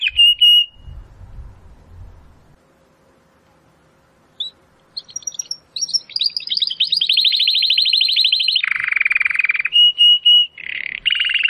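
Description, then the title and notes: Domestic canary: one brief whistled note, a silent stretch, then scattered chips building into a long rapid rolling trill and a lower buzzy roll. Belgian canary (Canário Belga), titled 'Campainha' (bell), singing. "Canário Belga Campainha Canary Singing. Canario Belga Cantando"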